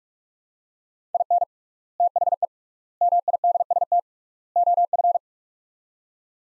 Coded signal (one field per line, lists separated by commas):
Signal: Morse code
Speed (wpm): 42 wpm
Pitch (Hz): 700 Hz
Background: none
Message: IN THE MIDST OF